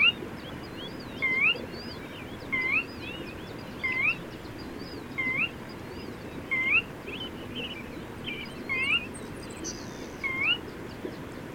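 Bird song: a short, bright upslurred whistle repeated several times, a softer lower slur echoing each one, faint high chirps over steady low background noise.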